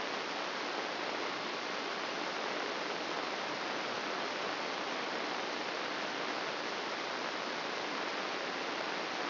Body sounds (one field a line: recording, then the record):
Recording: brain microelectrode recording played as sound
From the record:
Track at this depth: outside the subthalamic nucleus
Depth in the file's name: 2.773 mm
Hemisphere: left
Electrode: 3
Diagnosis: Parkinson's disease